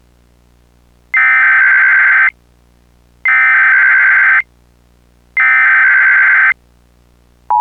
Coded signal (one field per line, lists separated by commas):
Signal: Emergency Alert System (SAME) tones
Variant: header bursts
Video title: [EAS Mock: S2 | #17] "The Fancy Test" (06/24/02)